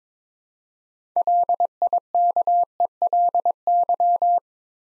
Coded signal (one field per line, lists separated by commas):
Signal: Morse code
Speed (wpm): 22 wpm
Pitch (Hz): 700 Hz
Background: none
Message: LIKELY